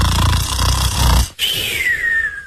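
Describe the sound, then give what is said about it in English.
A voice imitates a snore: a rough, rattling low snort for about a second, a brief pause, then a thin whistling exhale that slides steadily downward in pitch. “To snore is to make a noise like this.”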